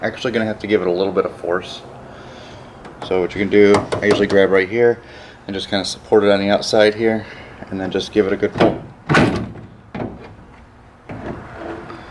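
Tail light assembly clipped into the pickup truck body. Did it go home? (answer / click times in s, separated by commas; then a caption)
released / 9.1 s. A pickup truck's plastic tail light assembly, clipped into the body, is supported from the outside and pulled firmly off after its two bolts are removed, since it snaps into place and needs some force. Someone talks throughout, and a sharp pop at 9.1 s marks the housing releasing from its retaining clips, followed by quieter knocks.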